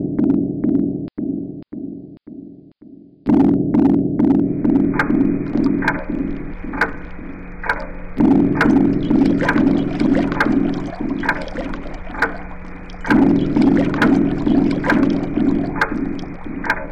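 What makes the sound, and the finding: Heart by stethoscope. Extra heart sounds.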